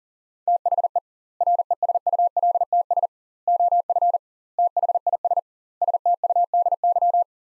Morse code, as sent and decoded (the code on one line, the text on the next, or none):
- .... . / .-. . ... ..- .-.. - ... / --- ..-. / - .... .. ... / ... - ..- -.. -.--
THE RESULTS OF THIS STUDY